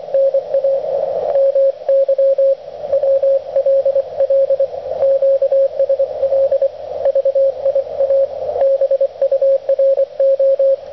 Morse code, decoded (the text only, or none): NAMY WLL QSL VIA BURO